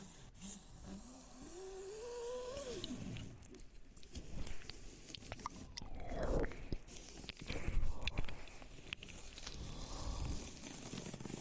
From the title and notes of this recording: Tinnitus, noises in the mouth, etc.